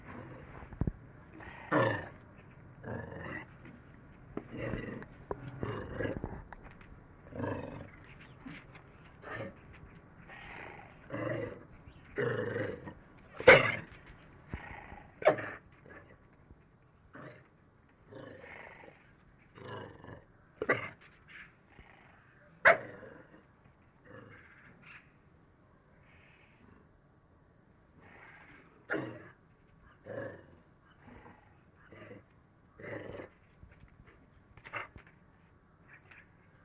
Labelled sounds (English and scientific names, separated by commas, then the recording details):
African Wild Dog (Lycaon pictus)
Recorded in captivity
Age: juvenile
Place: Zoo Kischinjow, MD
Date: 1983-12-31
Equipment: Riporter 5
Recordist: Frommolt, Karl-Heinz